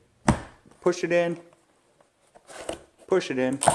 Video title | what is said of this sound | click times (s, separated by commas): Veloster N mesh grill | plug that in there right there you're gonna hear it click | 0.3 s